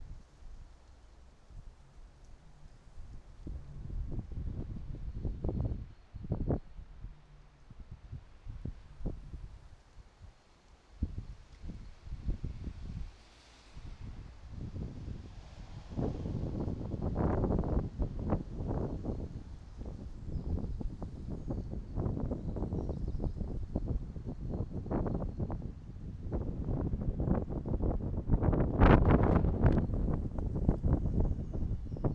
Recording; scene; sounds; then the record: everyday scene through a hearing-aid microphone; wind on the microphone; squally wind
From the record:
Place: parking lot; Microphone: in the ear canal, right